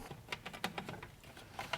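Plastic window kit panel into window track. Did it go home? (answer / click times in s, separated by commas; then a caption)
no / none. A plastic window-kit panel for a portable air conditioner is being handled and fitted into the window track. Several small, sharp plastic clicks and taps are heard. Nothing has seated yet.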